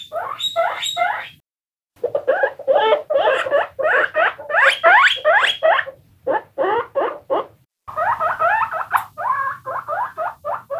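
Guinea pig squeals in quick repeated bursts, broken by two short silences, the squeaks rising and wavering, with a faint low hum beneath.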